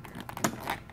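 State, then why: Seated. The trunk lid on the rear trunk of a 2018 Honda Gold Wing motorcycle is closed with two helmets packed inside. Soft crinkling and small ticks lead into a sharp latch click at 0.4 s, followed by a duller knock near 0.7 s. The lid latches shut.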